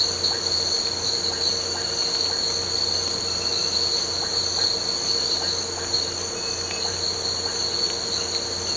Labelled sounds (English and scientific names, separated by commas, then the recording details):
none
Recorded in pastures near Puerto Asís, Putumayo, Colombia, on 8 March 2025 at 05:00
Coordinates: 0.466, -76.322
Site CSA-02